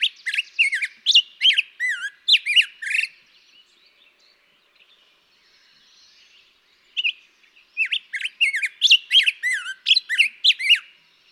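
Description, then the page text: Black-headed grosbeak delivering two long bouts of fluid, warbled phrases separated by a quiet gap of about four seconds. Daytime singing, May 17, 2016, on Mt. Graham, Arizona. "Black-headed Grosbeak. Daytime singing, example 2. May 17, 2016. Mt. Graham, Arizona"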